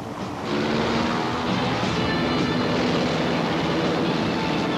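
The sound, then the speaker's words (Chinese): An aircraft engine roars steadily through takeoff, a loud, dense rush of noise with a faint whining tone running underneath, swelling up after a brief softer start and holding constant. “我系宽表面一号啊，我准备起飞啦 ，over。”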